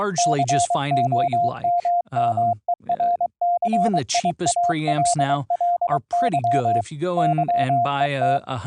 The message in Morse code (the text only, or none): COMMERCIALLY YET